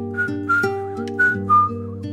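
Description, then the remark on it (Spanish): Soft human whistling traces a short wavering melody of several brief, breathy notes, held over a steady low droning tone underneath. “Se escucha un leve silbío”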